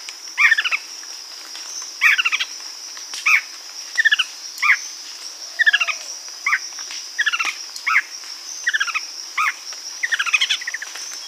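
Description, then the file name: Bird repeating brief bursts of fast, falling chirps about every second, a continuous shrill hum running underneath the whole time. "SABIOD 50 bird 2015"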